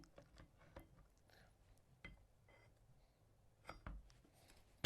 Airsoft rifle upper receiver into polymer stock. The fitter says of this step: And then it's just going to snap right into place.